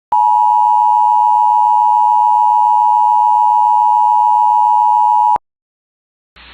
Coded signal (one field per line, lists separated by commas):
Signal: Emergency Alert System (SAME) tones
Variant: 853 and 960 Hz attention tone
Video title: DOUBLE HEADER SVR + SVR EAS #179-180